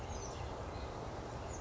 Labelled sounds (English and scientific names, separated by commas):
Oak Titmouse (Baeolophus inornatus)